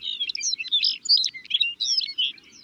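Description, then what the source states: Lapland Longspur song: a jumbled, tinkling warble of quick, high twittering notes. Singing a gentle song on Arctic tundra on a June day.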